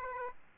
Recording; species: mosquito wingbeat signal from an infrared sensor; Aedes aegypti